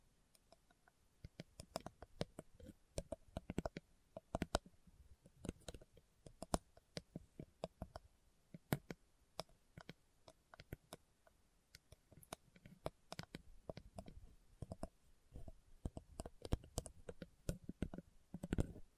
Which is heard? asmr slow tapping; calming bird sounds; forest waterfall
asmr slow tapping